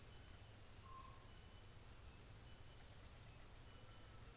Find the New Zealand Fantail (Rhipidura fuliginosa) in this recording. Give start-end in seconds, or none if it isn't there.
0.00-2.58